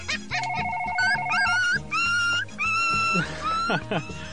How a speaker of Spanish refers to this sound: Teléfono, compadre. Conteste, conteste, conteste.